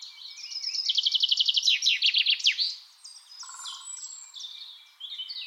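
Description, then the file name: Common chaffinch singing one rapid run of sharp notes that slides downward into a short flourish, followed by softer chirping and high notes from other birds. "Fringilla coelebs"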